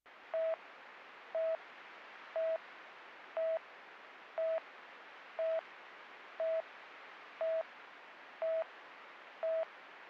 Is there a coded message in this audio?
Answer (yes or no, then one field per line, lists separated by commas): no